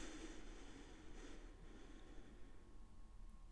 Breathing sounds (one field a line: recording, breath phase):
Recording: one breath near a microphone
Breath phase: inhalation